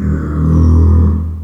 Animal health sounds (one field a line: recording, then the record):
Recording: squeal of a Yucatan mini pig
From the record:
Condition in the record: after surgery on the right vocal fold (resection and tissue-engineered implant)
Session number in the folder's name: 13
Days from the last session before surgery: 113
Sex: female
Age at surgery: 19 weeks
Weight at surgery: 25 kg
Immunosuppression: prednisolone